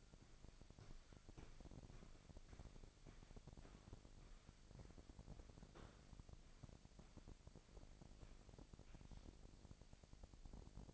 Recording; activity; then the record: daily activity, microphone in the room; walk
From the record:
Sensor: 5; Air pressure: 1001.7 hPa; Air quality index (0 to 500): 184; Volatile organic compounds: 12 ppm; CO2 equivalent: 2367 ppm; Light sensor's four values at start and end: 32/106/40/43 and 32/106/40/43